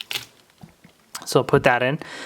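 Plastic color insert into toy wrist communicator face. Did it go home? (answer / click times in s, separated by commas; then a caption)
no / none. A plastic color insert is slid over a small plate and put into the face of a toy wrist communicator, with a few light handling taps near the start. Someone then talks. The insert just sits in place, and nothing has clicked.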